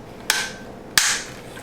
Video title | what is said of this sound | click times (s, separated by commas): Repairing Roomba 500 series | facing the correct way it should give you a little click once you've got everything in place | 0.3 s, 1.0 s